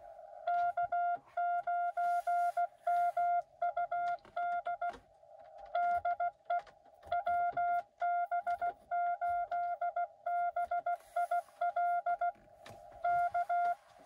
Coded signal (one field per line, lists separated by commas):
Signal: Morse code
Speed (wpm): 16 wpm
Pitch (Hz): 690 Hz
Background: none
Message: K9MUD DE WB8BIL K